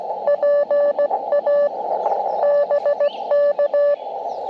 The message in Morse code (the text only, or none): PA BK